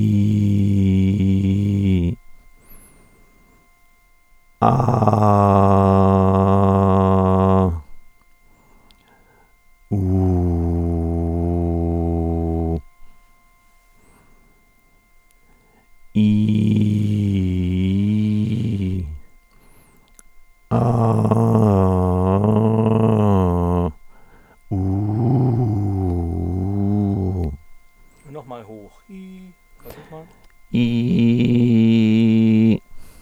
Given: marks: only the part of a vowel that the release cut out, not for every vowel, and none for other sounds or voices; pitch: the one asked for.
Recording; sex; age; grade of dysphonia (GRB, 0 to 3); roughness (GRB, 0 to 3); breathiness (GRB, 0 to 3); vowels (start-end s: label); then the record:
sustained vowels; male; 40 to 49 years; 2; 2; 0
0.01-1.97 s: vowel /i/, normal pitch
5.27-7.26 s: vowel /a/, normal pitch
11.33-12.65 s: vowel /u/, normal pitch
16.25-18.84 s: vowel /i/, low-high-low pitch
21.42-23.78 s: vowel /a/, low-high-low pitch
24.91-27.27 s: vowel /u/, low-high-low pitch
30.81-32.68 s: vowel /i/, high pitch
From the record:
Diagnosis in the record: recurrent laryngeal nerve paralysis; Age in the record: 49 years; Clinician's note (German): Links, gute Restbeweglichkeit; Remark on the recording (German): In der NSP-Datei ist ein leichtes Piepsen im Hintergrund.